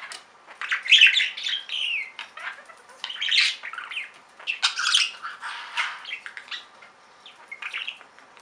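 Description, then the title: Budgerigar chatter: continuous loud mix of squawks, rasping notes and quick chirps, busiest in the first five seconds, then tapering to softer clicks. "Budgie Sounds"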